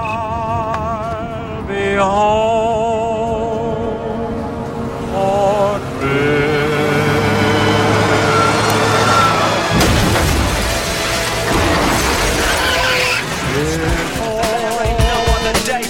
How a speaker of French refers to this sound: la mort de Nathanaël Père, il meurt percuté par un bus en voiture. à la veille de Noël en l'an 2000